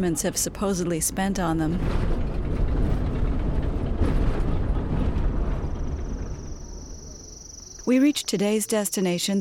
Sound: van moving along bumpy roads and sound of evening crickets

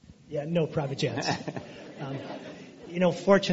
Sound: laughter

